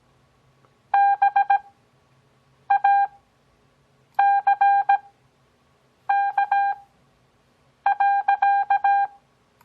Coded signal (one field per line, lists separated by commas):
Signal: Morse code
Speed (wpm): 17 wpm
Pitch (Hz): 800 Hz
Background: none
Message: BACK.